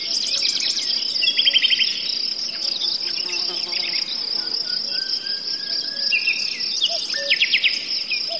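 Crickets droning steadily at a high pitch, with forest birds singing varied chirps and trills and a couple of low notes near the end.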